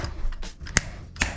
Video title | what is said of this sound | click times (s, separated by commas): Unboxing & Assembly Treegers GL1000W+ LED Grow Fixture 🎁💡🪴 | this locks into place quite nicely there and you can see that's secure there not needing further attachment | 0.8 s